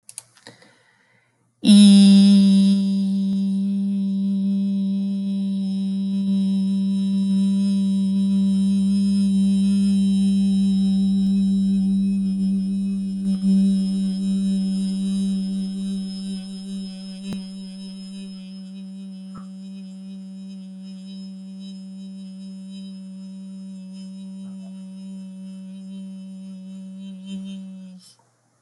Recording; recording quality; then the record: sustained vowel as in beet; excellent, no background noise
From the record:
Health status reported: respiratory illness, not identified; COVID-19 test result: negative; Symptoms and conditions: cough, asthma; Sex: female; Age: 46 years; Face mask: not worn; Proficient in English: yes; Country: France